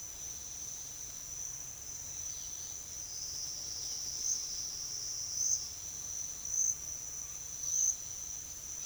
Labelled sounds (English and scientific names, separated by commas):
none